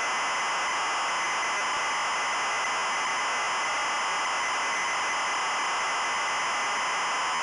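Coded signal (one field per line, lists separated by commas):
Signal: ZX Spectrum tape loading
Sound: continuous harsh buzzing data screech, no lead tone or pauses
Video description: this video shows the tape loading and execution the Jetpac game in MSX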